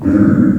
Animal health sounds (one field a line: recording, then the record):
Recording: squeal of a Yucatan mini pig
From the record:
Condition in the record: after surgery on the right vocal fold (resection and tissue-engineered implant)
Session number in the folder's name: 7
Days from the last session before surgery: 47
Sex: female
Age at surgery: 19 weeks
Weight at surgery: 25 kg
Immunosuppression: prednisolone